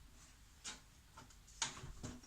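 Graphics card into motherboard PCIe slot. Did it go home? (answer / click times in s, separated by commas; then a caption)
no / none. A graphics card is handled and lined up over a motherboard's PCIe slot, producing a few light, bright handling ticks around 0.7 s, 1.2 s, 1.6 s and 2.1 s, the one at 1.6 s being the sharpest. Nothing has seated or clicked into the slot yet; the card is not yet home.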